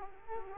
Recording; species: mosquito wingbeat signal from an infrared sensor; Culex quinquefasciatus